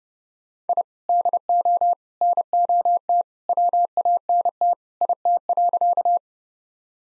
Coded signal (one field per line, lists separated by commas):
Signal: Morse code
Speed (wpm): 30 wpm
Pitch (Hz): 700 Hz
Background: none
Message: I DO NOT WANT IT.